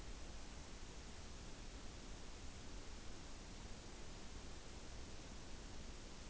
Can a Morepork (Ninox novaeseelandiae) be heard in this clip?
no